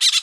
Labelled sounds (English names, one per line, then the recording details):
Brown-throated Parakeet contact call
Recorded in Bonaire
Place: just S of turnoff to Cai, near Lac Bay
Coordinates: 12.126, -68.239